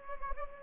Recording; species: mosquito wingbeat signal from an infrared sensor; Anopheles gambiae